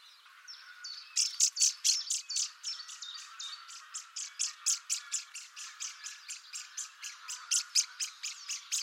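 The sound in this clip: Bird chirps: a dense, fast run of sharp, high notes, several a second, overlapping with one another throughout.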